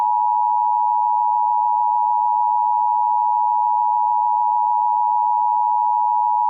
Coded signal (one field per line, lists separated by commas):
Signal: Emergency Alert System (SAME) tones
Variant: 853 and 960 Hz attention tone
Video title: EAS Scenario #24: Artificial Overintelligence